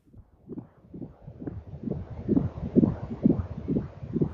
The sound of a fetus's heartbeat as it slowly grows inside the womb.